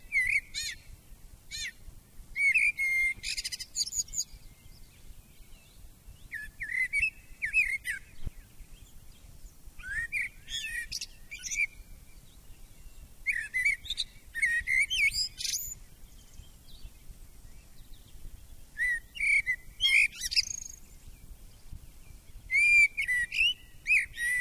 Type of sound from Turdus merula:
song